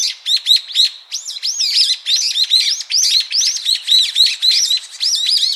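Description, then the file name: Brown-eared bulbul: continuous shrill chirping of looping up-and-down notes, peppered with high ticking sounds, steady throughout. "Ixos amaurotis"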